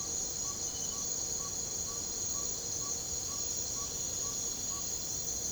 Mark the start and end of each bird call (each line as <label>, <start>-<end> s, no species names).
bird call, 0.00-4.86 s